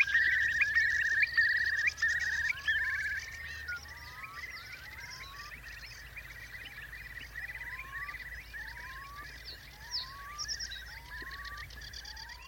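Eurasian Curlew: a dense bubbling passage at the start, then soft rising whistled notes repeated many times over a low background hum.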